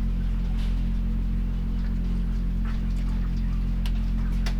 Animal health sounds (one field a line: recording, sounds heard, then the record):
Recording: poultry house recording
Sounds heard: sick chickens (respiratory disease)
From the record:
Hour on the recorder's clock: 20